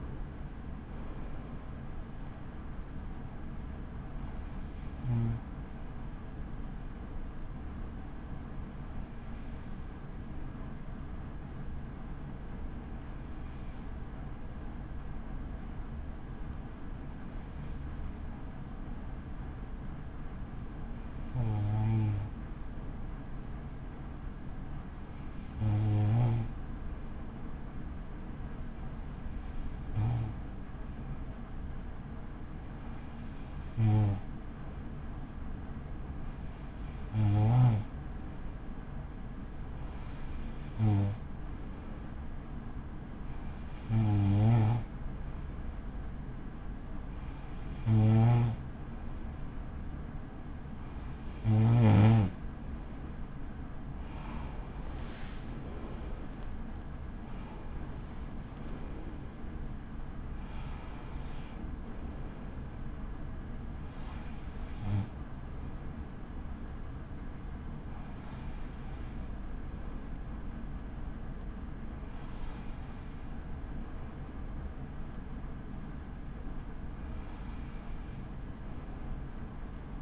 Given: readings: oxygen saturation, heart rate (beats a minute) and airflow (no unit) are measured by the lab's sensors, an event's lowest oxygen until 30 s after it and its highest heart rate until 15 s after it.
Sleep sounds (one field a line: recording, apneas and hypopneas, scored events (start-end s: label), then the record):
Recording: breathing in sleep by a smartphone at the bedside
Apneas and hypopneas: 1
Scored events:
7.00-54.60 s: hypopnea (N1, oxygen 96% highest, then 94% lowest, heart rate 48 at the start, 65 highest)
11.00-41.00 s: new sleep stage, N2 (light sleep)
41.00-71.00 s: new sleep stage, N1 (lightest sleep)
71.00-80.02 s: new sleep stage, N2 (light sleep)
From the record:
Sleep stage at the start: N1 (lightest sleep)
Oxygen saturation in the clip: 94 to 96%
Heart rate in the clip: 46 to 65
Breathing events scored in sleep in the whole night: 83 in 6.1 hours asleep